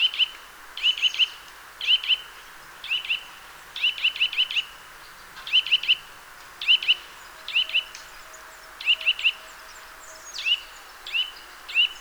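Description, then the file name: Eurasian nuthatch repeating short clusters of a few high, piping upslurred notes about every second. "Sitta europaea"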